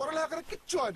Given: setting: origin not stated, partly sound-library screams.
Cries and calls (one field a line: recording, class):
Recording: one-second piece from a danger detection set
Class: normal situation